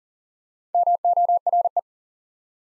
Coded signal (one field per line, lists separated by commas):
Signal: Morse code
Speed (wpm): 40 wpm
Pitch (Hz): 700 Hz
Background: none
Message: MORE